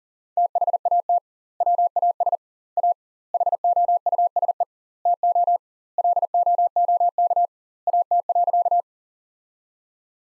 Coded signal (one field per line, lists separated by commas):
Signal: Morse code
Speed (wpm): 37 wpm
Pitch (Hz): 700 Hz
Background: none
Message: THAT WAS A HOUSE TO LOOK AT.